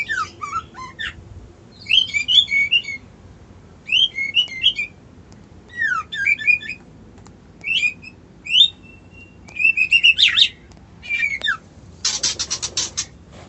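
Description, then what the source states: White-eye song in short, quick twittering phrases of high slurred notes, roughly every second or two, ending with a harsh buzzy rasp. Song style called ngerol ngalas.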